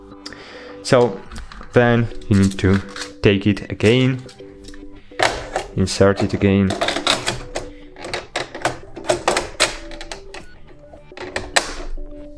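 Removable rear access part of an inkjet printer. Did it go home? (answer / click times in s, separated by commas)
no / none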